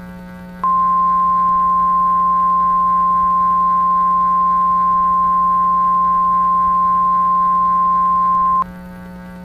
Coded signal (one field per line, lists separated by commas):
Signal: Emergency Alert System (SAME) tones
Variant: 1050 Hz attention tone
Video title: EAS Scenario:2000 Utah Derocho